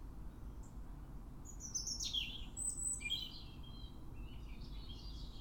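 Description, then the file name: European robin song: a short run of high, sliding and trilled notes in the middle, then fainter high notes, over constant low background noise. "Erithacus rubecula"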